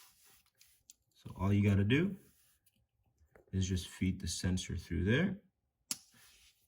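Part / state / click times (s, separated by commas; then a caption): brake pad wear sensor into rear brake pad / seated / 5.9 s. A brake pad wear sensor on a BMW G30/F90 is fed through and pushed into its slot on the rear brake pad while someone talks. A sharp click at 5.9 seconds marks the sensor seating in the pad.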